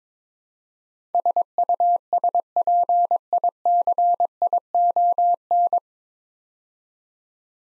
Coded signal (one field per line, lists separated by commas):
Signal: Morse code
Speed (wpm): 22 wpm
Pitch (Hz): 700 Hz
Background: none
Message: SUSPICION